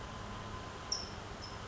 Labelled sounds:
California Towhee
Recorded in Sonoma County, California

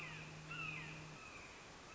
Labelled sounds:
Red-shouldered Hawk
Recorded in Sonoma County, California

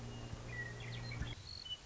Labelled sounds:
Western Meadowlark
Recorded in Sonoma County, California

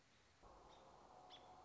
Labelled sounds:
American Robin
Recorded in Sonoma County, California

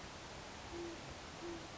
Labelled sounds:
Great Horned Owl
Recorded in Sonoma County, California

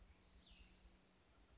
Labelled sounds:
Cassin's Vireo
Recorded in Sonoma County, California

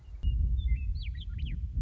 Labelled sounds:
Western Meadowlark
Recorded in Sonoma County, California

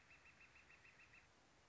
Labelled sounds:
Northern Flicker
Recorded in Sonoma County, California

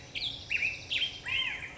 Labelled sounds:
Black-headed Grosbeak
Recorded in Sonoma County, California

